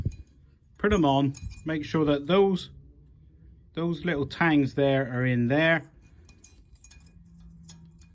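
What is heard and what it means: Metal brake pad retaining clips are fitted into the caliper carrier of a Renault Megane 4, with their tangs checked on the outside and inside before being snapped down. Someone talks while small metallic ticks and jangles from handling the clips are heard, mostly between 6.3 and 7.7 seconds. Nothing has clicked into place yet.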